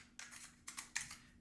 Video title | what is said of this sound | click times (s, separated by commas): How To Digitize 35mm Negatives & Slides w/Nikon ES-2 Adapter Using Almost Any Mirrorless Cameras | and it kind of It kind of stops in place there's a little clickering here so you can | 1.0 s